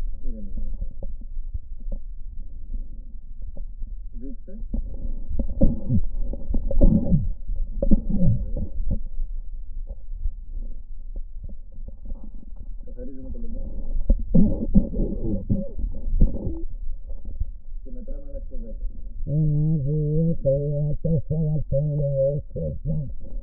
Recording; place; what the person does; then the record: lung sounds by stethoscope; right posterior basal chest; quiet breathing, then cough and speech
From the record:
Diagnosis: COPD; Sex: female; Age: 80 years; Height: 160 cm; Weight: 62 kg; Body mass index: 24.2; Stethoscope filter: diaphragm mode